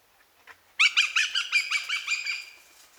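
Eurasian goshawk giving a short, loud, harsh chattering burst of about ten rough notes that fades out.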